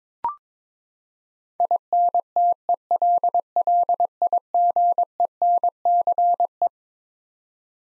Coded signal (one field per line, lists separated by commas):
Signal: Morse code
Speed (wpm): 22 wpm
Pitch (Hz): 700 Hz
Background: none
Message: INTELLIGENCE